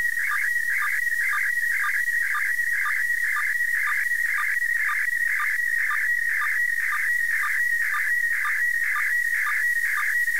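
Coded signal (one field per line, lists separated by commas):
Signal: SSTV (slow-scan television)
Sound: warbling, chirping tone with a regular short low blip about twice a second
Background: radio static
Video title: DECODIFICANDO TRANSMISSÃO SSTV DA ISS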